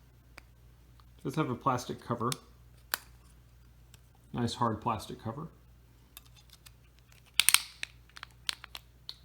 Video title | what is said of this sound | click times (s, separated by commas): OriHea Rechargeable Shaver - 6D (OH-BS16) - Unboxing - Bought on Amazon: https://amzn.to/3rCO4Xe | snaps back into place | 7.4 s